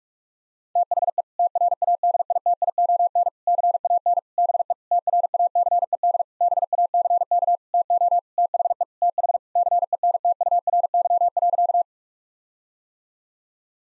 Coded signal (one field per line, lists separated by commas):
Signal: Morse code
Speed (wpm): 47 wpm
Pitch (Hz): 700 Hz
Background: none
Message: THE TRADITION CAN BE TRACED BACK TO THE TH CENTURY.